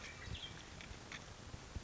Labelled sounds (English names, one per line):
Western Tanager